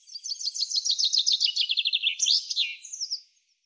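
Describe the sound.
Common chaffinch song, a rapid descending series of crisp notes closing in a flourish, followed by a short extra burst of high notes before silence.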